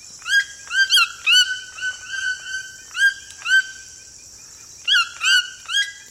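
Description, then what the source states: Cuvier's toucan giving many loud, harmonic yelps, each rising sharply then holding level, against a steady high-pitched hiss. Described as a piercing, cheerful yelp.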